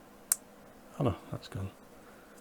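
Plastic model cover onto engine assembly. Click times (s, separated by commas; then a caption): 0.3 s. A plastic cowling cover piece is pressed without glue onto the engine assembly of a Hachette Lancaster Bomber B III model, during build stages 19 and 20. A sharp click is heard at 0.3 s, followed by someone talking. The cover snaps home and is seated without glue.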